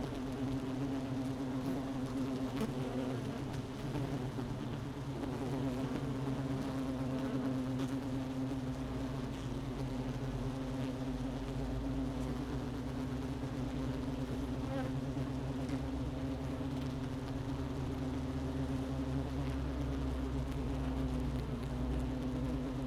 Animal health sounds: honeybee colony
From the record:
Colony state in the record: missing queen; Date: 31 May 2018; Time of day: 11:43

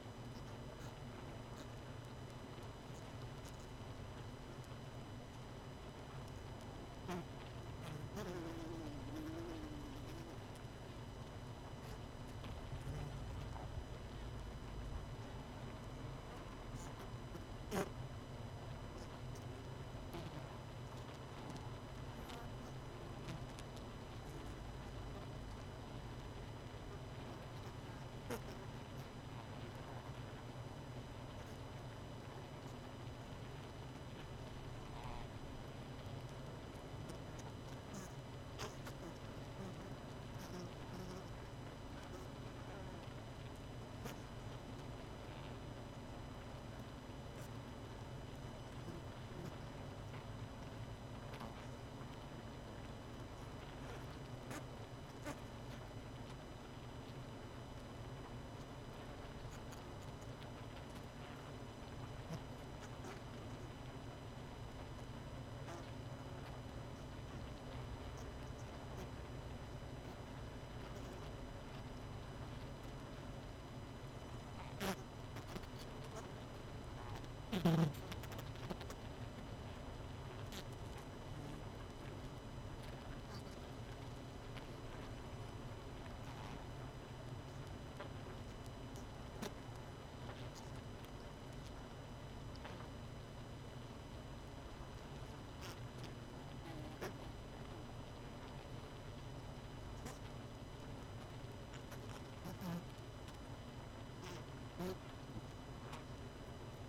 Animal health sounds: honeybee colony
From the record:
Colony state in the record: missing queen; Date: 31 May 2018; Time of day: 20:05

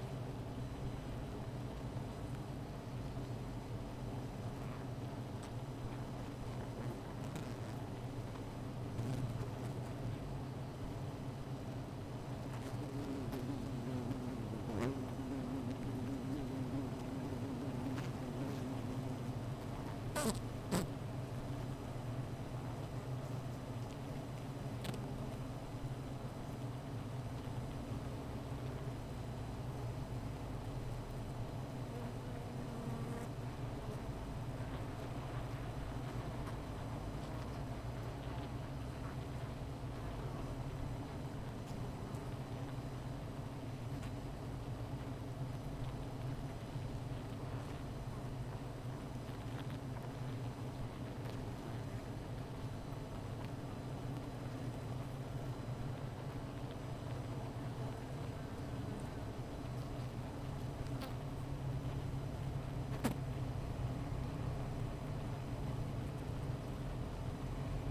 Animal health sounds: honeybee colony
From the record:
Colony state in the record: missing queen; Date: 14 July 2017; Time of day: 15:37

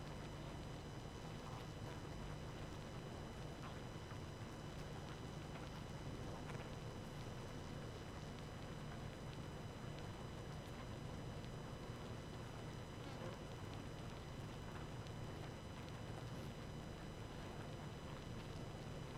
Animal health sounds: honeybee colony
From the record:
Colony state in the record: active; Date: 12 June 2018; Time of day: 23:28

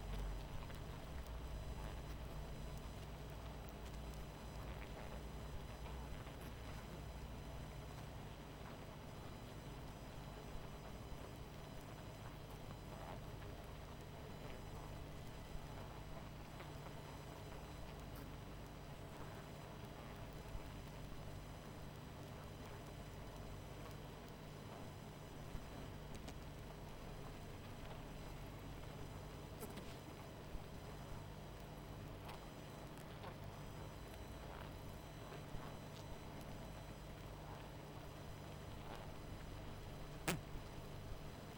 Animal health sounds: honeybee colony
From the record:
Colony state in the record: missing queen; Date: 14 July 2017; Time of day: 21:35

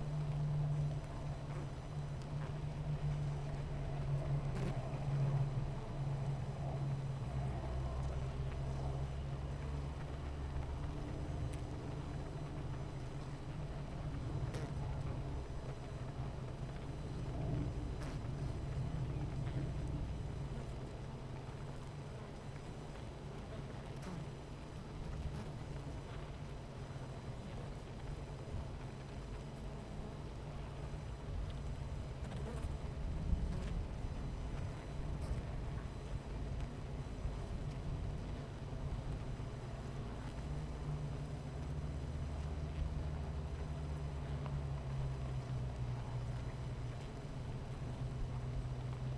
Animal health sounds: honeybee colony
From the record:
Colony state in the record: missing queen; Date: 14 July 2017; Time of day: 10:51

